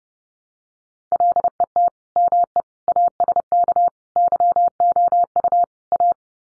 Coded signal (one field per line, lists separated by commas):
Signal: Morse code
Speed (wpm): 30 wpm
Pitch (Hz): 700 Hz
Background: none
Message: LET ME ASK YOU A